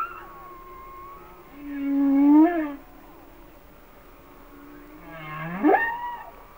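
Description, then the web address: Humpback whale song: a low drawn-out moan followed later by a steeply rising upsweep, with faint tonal cries lingering between them. "Natures Songs Whale Songs Sounds of Nature - Humpback Whales"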